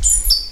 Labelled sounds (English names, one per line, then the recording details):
Stitchbird song
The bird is a male
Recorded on Tiritiri Matangi Island, New Zealand, in 2005
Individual 20, of nest box 28